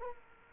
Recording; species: mosquito wingbeat signal from an infrared sensor; Culex quinquefasciatus